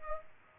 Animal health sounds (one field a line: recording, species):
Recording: mosquito wingbeat signal from an infrared sensor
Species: Aedes aegypti